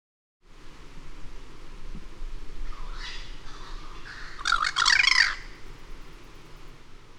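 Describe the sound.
Harsh bird squawk: a couple of quieter scratchy notes lead into one strong, grating, rapidly pulsed call, with low steady rumble underneath.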